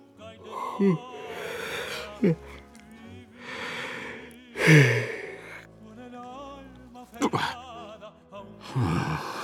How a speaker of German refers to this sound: Das Gähnen reißt ihm den Mund auf mit einem Blöken. Zum Geheul reicht es nicht.